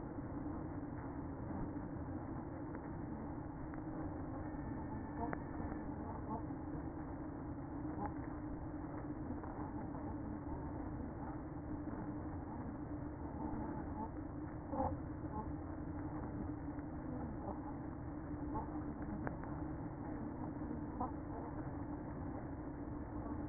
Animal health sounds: honeybee colony, microphone inside the hive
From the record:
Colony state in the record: queen present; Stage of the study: after two queens were removed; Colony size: about 60,000 bees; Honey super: yes

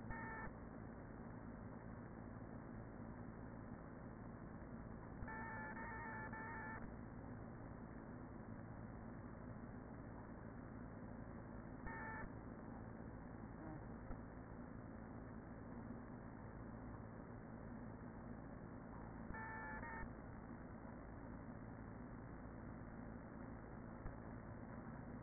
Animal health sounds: honeybee colony, microphone inside the hive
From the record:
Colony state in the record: queen present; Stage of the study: after two queens were removed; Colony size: about 40,000 bees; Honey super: no

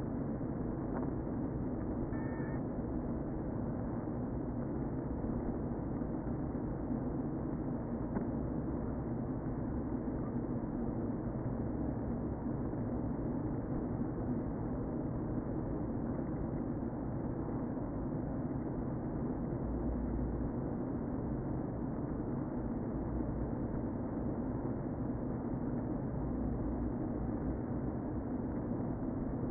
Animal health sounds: honeybee colony, microphone inside the hive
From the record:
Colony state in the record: queen present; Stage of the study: before two queens were removed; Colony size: about 60,000 bees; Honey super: yes

